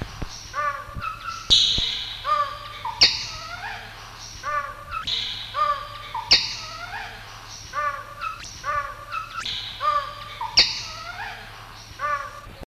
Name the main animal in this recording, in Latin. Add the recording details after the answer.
Seleucidis melanoleucus. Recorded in captivity. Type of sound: call. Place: Zoo Amsterdam, NL. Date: 1973-09-01. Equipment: Halbspur, 9,5 cm/s. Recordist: Lütgens, Hans. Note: Rufe